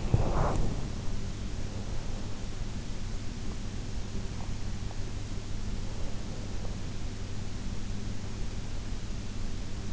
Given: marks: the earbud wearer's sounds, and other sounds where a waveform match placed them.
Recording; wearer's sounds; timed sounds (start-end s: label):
sounds in sleep by an in-ear microphone; teeth grinding
0.00-0.74 s: teeth grinding